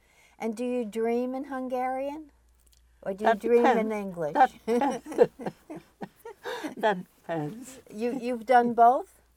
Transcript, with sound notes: And do you dream in Hungarian, or do you dream in English? [Laughs]
That depends. That depends!
You've done both?